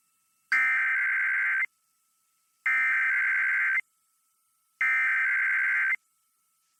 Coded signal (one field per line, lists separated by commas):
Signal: Emergency Alert System (SAME) tones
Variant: header bursts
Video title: [EAS #2395-#2399] Sunday & Monday RWTs